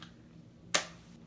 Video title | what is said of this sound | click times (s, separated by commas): #TBT Palette - UD Naked 3 | It's like these ones are satisfying to hear it snap close. | 0.8 s